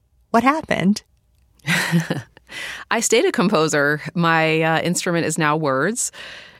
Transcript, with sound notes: What happened?
(Laughter) I stayed a composer. My instrument is now words.